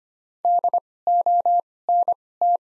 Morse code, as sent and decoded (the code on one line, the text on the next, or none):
-.. --- -. -
DONT